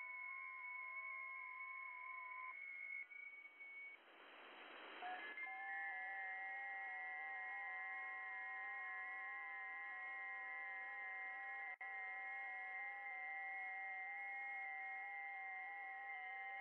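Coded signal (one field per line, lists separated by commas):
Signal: FT8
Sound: several overlapping steady warbling tones shifting pitch in small steps, with a brief hiss burst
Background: radio static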